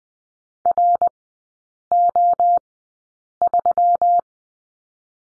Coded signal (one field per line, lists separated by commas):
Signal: Morse code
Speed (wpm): 20 wpm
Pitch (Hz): 700 Hz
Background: none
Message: RO3